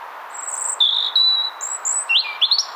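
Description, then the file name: European robin giving a sparse phrase of thin, sustained whistles at different pitches, ending in a few quick rising squeaky notes, with a soft steady hiss behind. "Erithacus rubecula"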